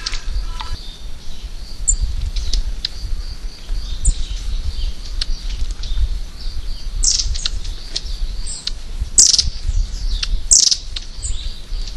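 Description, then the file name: Long-tailed tit calls: thin high notes scattered throughout, with a few louder buzzy bursts in the second half, over a constant low rumble. "enaga"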